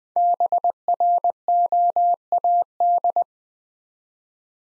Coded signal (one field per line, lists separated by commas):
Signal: Morse code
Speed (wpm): 20 wpm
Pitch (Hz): 700 Hz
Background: none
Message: BROAD